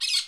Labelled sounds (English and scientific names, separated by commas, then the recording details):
Brown-throated Parakeet (Eupsittula pertinax) contact call
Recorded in Curacao
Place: Hoffi Jan Thiel
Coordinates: 12.094, -68.877